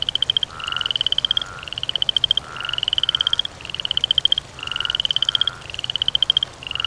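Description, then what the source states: Frog repeating short pulsed trills back to back, each gently rising. Croaking, by water.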